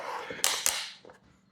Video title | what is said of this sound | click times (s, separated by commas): Newtral Freedom-X Multi-Posture Pro Chair Review - Ergonomic Chair with Adjustable Armrests | Once it go all the way up, it's gonna lock in place with a couple clicks. | 0.4 s, 0.7 s